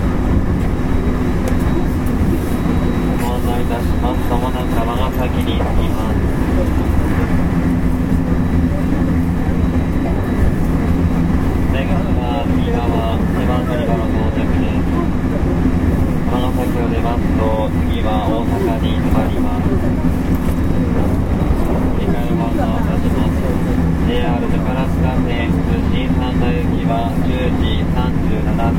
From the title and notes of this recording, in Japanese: JR西日本の225系電車の走行音です。JR神戸線の新快速列車にて収録しました。区間は、芦屋から大阪までです。